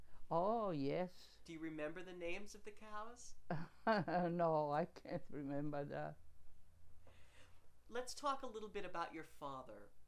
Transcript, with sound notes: Oh yes.
Do you remember the names of the cows?
(laughing) No, I can't remember that.
Let's talk a little about your father.